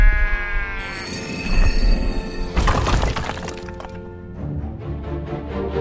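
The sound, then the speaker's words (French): Sheep bleat in wavering, harmonic cries, followed midway by a loud, noisy crashing burst before softer bleats continue. No one speaks. “Puis, il s'en va faire paître ses moutons dans la montagne.”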